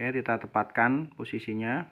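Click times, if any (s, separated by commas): none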